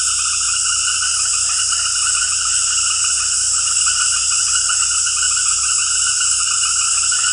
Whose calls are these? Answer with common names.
none